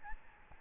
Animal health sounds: mosquito wingbeat signal from an infrared sensor; Aedes albopictus

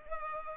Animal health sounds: mosquito wingbeat signal from an infrared sensor; Culex pipiens

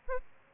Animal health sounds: mosquito wingbeat signal from an infrared sensor; Aedes albopictus

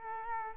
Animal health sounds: mosquito wingbeat signal from an infrared sensor; Culex quinquefasciatus

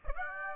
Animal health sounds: mosquito wingbeat signal from an infrared sensor; Aedes aegypti

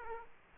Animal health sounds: mosquito wingbeat signal from an infrared sensor; Aedes aegypti

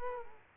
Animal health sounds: mosquito wingbeat signal from an infrared sensor; Culex quinquefasciatus

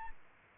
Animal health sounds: mosquito wingbeat signal from an infrared sensor; Aedes albopictus

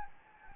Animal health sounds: mosquito wingbeat signal from an infrared sensor; Anopheles gambiae

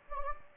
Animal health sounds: mosquito wingbeat signal from an infrared sensor; Anopheles gambiae

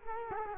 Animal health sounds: mosquito wingbeat signal from an infrared sensor; Culex quinquefasciatus

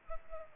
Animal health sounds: mosquito wingbeat signal from an infrared sensor; Culex pipiens

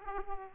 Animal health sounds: mosquito wingbeat signal from an infrared sensor; Aedes aegypti

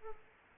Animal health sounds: mosquito wingbeat signal from an infrared sensor; Aedes aegypti

